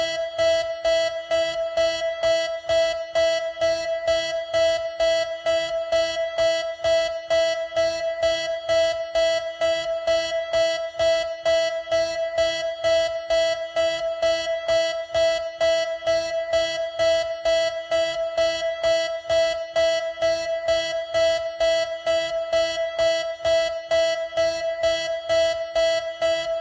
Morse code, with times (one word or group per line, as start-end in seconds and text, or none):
none